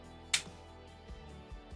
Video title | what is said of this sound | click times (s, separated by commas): NEW 2024 Bowman's Best & Triple Threads + Topps Chrome Update Luminaries Baseball Cards Breaks | There we go, just clicks back into place. | 0.3 s